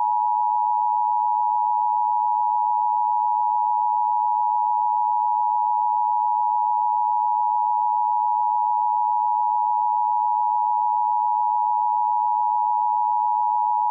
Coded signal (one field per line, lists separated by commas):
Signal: Emergency Alert System (SAME) tones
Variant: 853 and 960 Hz attention tone